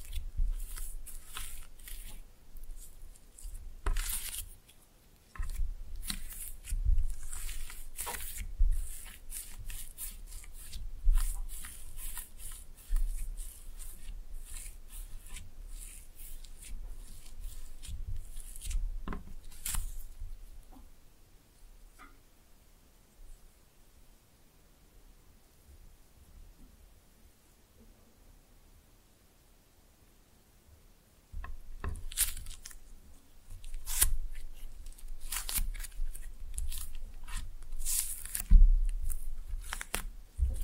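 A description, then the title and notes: Slime being pressed and mixed gives off dense, wet clicks and squishes in rapid bursts through the first twenty seconds. A quieter stretch follows from about 20 to 31 seconds with only faint sounds, then busy sticky popping returns until the end. Slime No Talking (Pressing and Mixing).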